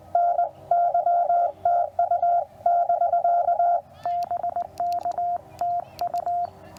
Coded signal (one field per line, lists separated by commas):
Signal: Morse code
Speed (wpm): 19 wpm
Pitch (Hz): 700 Hz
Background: radio noise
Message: NY TU <BK> BK TU